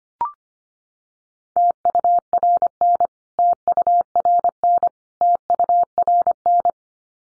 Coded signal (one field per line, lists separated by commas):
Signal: Morse code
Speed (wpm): 25 wpm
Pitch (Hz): 700 Hz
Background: none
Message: TURN TURN TURN